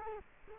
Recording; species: mosquito wingbeat signal from an infrared sensor; Culex quinquefasciatus